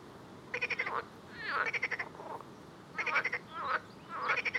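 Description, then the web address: Frogs croaking in short rattling pulsed bursts, four main bursts with softer sweeping notes between them. "Soundscape Frog 1"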